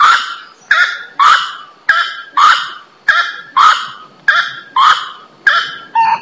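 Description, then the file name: Grey-cowled wood rail calling, a loud, steady series of harsh, clucking notes. Botanical garden, São Paulo, Brazil, 9 December 2010. "Aramides-cajanea 1-Botanical Garden-SP-Brazil"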